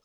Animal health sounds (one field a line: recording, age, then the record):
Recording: pig call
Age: piglet (1 to 25 days)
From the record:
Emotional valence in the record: positive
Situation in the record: reunion after long isolation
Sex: female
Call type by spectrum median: high-frequency call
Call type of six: low-frequency tonal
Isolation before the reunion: 8 minutes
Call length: 0.05 s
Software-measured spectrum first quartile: 713 Hz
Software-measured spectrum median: 2952 Hz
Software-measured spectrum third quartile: 6284 Hz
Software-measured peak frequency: 1279 Hz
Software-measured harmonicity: 0.2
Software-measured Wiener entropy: -1.26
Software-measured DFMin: 691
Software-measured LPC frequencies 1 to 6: 557, 1279, 2482, 3268, 3778, 5208 Hz